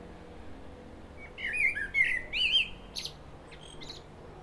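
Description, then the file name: Common blackbird song: a mellow, slurred flute-like phrase of several notes, closing with a thin, high-pitched twitter. "Turdus merula"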